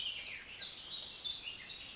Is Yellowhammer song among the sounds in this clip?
no